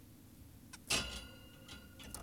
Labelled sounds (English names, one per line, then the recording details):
Zebra Finch
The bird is an adult
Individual g17y2U